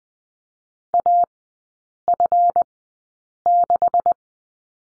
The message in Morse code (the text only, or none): AF6